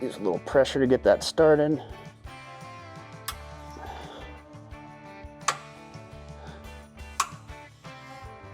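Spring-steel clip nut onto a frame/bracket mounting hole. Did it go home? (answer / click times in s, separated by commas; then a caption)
yes / 5.5 s, 7.2 s. Someone talks over background music while an M8 spring-steel clip nut is slipped into a mounting hole on the frame of a 2020+ Ford Super Duty (F-250/F-350) short bed truck and pressed on by hand, as part of fitting a Juggernaut USA fuel tank skid plate. Sharp clicks come at 5.5 s and 7.2 s as the clip nut snaps on and locks into place.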